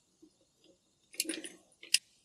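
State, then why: Torque reached. A click-type torque wrench tightens a cylinder head bolt on a Caterpillar D2 5J dozer engine while someone talks. Faint ticks are followed by a rattling metallic burst around 1.2–1.6 s, then the wrench gives a sharp, loud click at 1.9 s as it reaches its torque setting.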